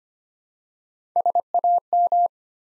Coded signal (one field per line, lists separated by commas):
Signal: Morse code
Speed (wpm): 25 wpm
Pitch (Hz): 700 Hz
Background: none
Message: SAM